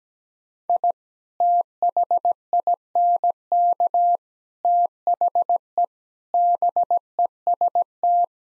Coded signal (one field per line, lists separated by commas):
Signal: Morse code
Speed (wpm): 17 wpm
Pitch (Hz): 700 Hz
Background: none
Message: I THINK THE BEST